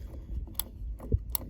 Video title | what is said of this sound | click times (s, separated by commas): Rip fence lock assemble - Sicar Sega 300, C300 & C400 | you can just hear it clicks into position | 1.3 s